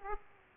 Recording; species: mosquito wingbeat signal from an infrared sensor; Aedes aegypti